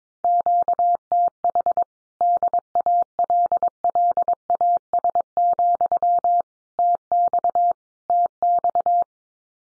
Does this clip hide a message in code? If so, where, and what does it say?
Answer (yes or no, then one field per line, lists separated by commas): yes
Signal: Morse code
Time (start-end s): 0.2-9.0 s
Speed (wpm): 22 wpm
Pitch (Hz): 700 Hz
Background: none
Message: QTH DALLAS, TX TX